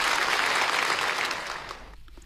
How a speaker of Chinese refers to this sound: 全场委员以热烈掌声祝贺新一届政协全国委员会常务委员会的诞生。